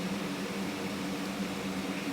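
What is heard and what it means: An oil strainer screen is being handled and pushed back into the engine case of a KTM 390 Duke motorcycle during an oil change. A steady low hum with tonal bands near 200 and 300 Hz and broad hiss runs throughout, with no sharp transients. Nothing has seated or clicked yet.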